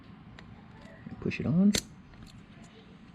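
After the purge valve is refitted on a Ninja H2 motorcycle, an electrical plug is pushed onto it and gives a sharp click at 0.4 s. Someone talks over a louder stretch around 1.1–1.8 s. The connector seats in place.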